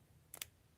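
Plastic LEGO bricks are pressed again onto a LEGO build, hoping for a click. Two small, faint ticks are heard at 0.3 s and 0.4 s against a low background hum. The click is weak, and the pieces are not fully seated.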